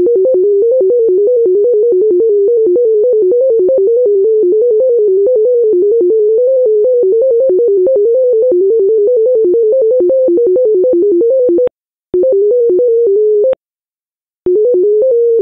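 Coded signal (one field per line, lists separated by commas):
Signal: multi-tone FSK (Olivia or MFSK type)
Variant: Contestia 125/8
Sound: rapid warbling tone jumping between about eight close pitches, with two brief dropouts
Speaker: het eind van het gesprokendeel van deze uitzending Mossen en daarna nog een kort stukje datatest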